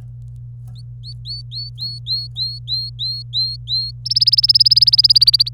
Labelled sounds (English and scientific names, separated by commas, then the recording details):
Domestic Canary (Serinus canaria) song
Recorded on 25 April 2018 at 15:55
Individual llb3